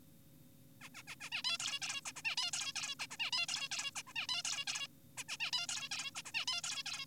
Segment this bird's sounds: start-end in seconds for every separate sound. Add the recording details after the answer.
0.81-0.89, 0.95-1.03, 1.08-1.16, 1.21-1.30, 1.32-1.42, 1.44-1.58, 1.60-1.80, 1.82-2.01, 2.06-2.12, 2.16-2.22, 2.25-2.36, 2.38-2.51, 2.53-2.73, 2.76-2.95, 3.00-3.06, 3.11-3.17, 3.20-3.30, 3.33-3.46, 3.48-3.68, 3.72-3.91, 3.96-4.02, 4.07-4.13, 4.16-4.27, 4.29-4.42, 4.45-4.65, 4.68-4.88, 5.18-5.24, 5.29-5.37, 5.40-5.51, 5.53-5.67, 5.69-5.89, 5.92-6.11, 6.15-6.22, 6.26-6.32, 6.34-6.45, 6.48-6.62, 6.64-6.84, 6.86-7.06. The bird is an adult. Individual g4p5U